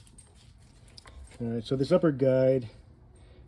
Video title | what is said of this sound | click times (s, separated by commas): Audi 2.0 timing chain and balance chain install details | has a little notch down there and snaps into place on the cam cover up here. | 1.0 s